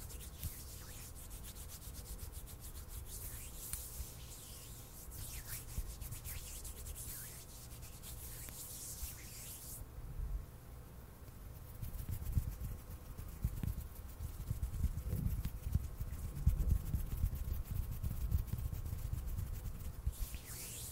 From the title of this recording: INTENSE HAND SOUNDS